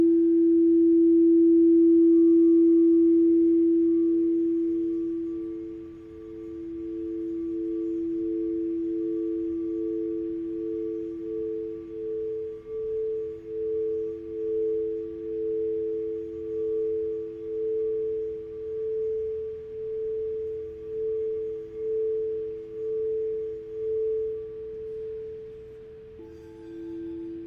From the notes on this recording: sound healing with bowls and chimes